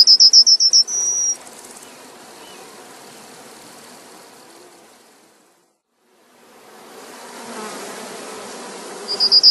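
Yellowhammer song: a quick run of several high, clipped repeated notes ending in a longer drawn-out note, a long quiet pause, then a new run starting.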